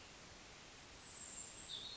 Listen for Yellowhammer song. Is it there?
no